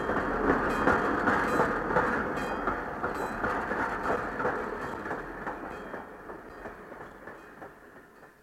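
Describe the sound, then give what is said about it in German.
A puffing train pulls out of a station hall with a steady, rhythmic clatter of wheels, a broad dense roar that slowly fades in loudness over several seconds, with no voices. “Alles auf dem Bahnhof schwenkte die Mützen, als der Zug aus der Bahnhofshalle fuhr und mitten in die Weihnachtsferien hineinschnaufte.”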